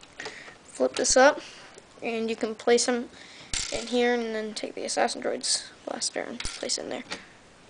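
Someone talks while flipping up a panel on a plastic building-brick speeder (LEGO Star Wars 8128 Cad Bane's Speeder) and placing a plastic brick blaster into its storage slot, with light plastic handling taps. The clip ends before the blaster goes home, so nothing has seated or clicked yet.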